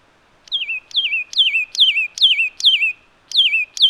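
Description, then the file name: Satin flycatcher calling with a rapid series of falling, wavering whistles, about eight in a row with a brief pause before the last two. "Myiagra Cyanoleuca"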